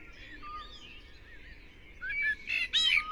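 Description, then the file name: Common blackbird giving two abrupt, harsh notes near the end, over a faint background of twittering. "Turdus merula"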